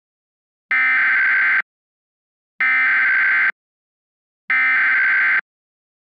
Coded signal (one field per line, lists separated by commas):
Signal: Emergency Alert System (SAME) tones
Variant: header bursts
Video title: The Inauguration: An EAS Scenario